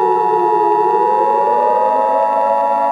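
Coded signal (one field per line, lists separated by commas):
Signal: Emergency Alert System (SAME) tones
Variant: 853 and 960 Hz attention tone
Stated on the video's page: Fictional EAS scenario story.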